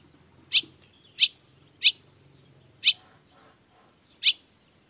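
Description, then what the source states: Long-tailed shrike uttering loud harsh single notes spaced irregularly, about one every second. Lively long-tailed shrike singing in the morning with 'toet toet' sound variations, used to stimulate lazy shrikes into singing along quickly.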